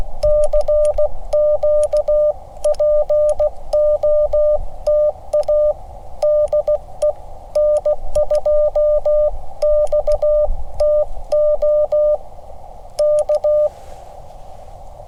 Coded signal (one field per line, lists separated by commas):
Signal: Morse code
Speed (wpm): 16 wpm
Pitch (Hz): 600 Hz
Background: none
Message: CQ POTA DE N2XTO K